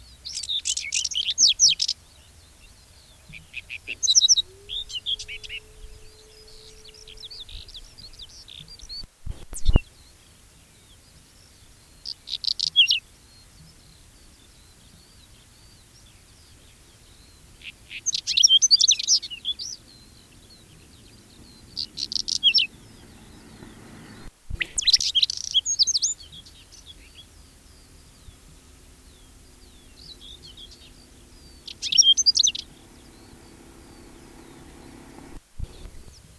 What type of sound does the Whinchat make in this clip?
song